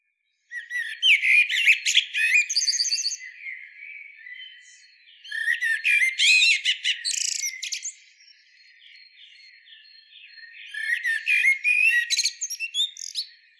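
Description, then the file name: Common blackbird song: three loud phrases of mellow warbling with rapid, high-pitched squeaky twitters, separated by softer, quieter passages. "Turdus merula"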